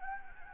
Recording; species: mosquito wingbeat signal from an infrared sensor; Anopheles gambiae